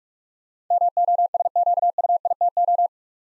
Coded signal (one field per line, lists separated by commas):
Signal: Morse code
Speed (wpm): 44 wpm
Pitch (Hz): 700 Hz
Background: none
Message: MOSQUITO